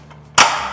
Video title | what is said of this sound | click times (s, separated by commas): Little Giant Ladder Velocity EN | until they're locked into place. | 0.4 s